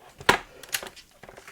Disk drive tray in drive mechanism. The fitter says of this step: if I push this snaps down